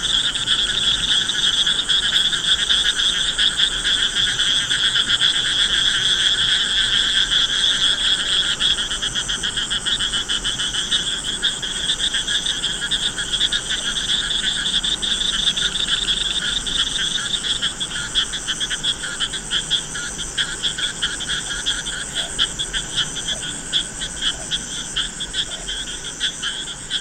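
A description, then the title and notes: A dense, unbroken chorus of frogs calls by the Tungabhadra River at Hampi, a fast trilling croak layered in several bright, overlapping pitches. A thin steady whine sits on top for the first nine seconds, and the chorus holds even in loudness throughout. Thungabadra River, Hampi. Fevrier 2009, Hampi.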